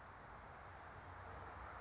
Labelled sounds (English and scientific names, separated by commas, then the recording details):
California Towhee (Melozone crissalis)
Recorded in Sonoma County, California